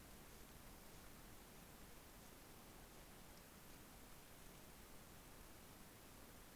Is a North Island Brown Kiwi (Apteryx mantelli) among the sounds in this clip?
no